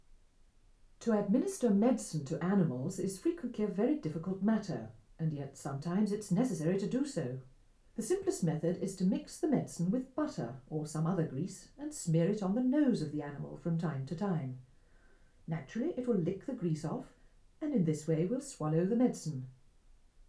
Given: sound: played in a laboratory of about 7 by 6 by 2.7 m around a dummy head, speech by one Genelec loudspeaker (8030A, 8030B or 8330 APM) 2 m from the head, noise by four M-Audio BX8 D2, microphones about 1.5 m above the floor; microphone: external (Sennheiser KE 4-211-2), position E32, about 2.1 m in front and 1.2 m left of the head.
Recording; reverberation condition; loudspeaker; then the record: female speech in English; low; in front (0 degrees)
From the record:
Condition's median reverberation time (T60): about 310 ms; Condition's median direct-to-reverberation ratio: about 3.5 dB